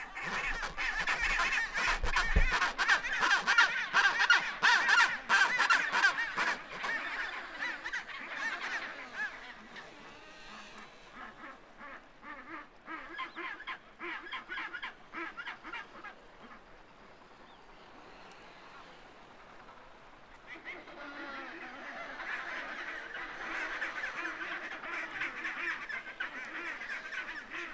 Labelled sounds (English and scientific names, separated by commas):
Chinstrap Penguin (Pygoscelis antarcticus) call